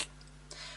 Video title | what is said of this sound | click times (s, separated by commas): Tutorial using - Sunflower Stamp and Spectrum Aqua | and you'll hear it go click | 0.5 s